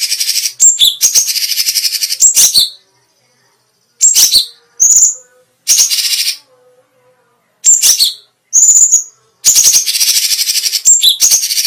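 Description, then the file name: Grey-cheeked Bulbul song of high rattling bursts, crisp chip notes and brief whistles, coming in clusters with silent gaps between them. Special song bursts ("tembakan istimewa"). "cucak cungkok tembakan istimewa"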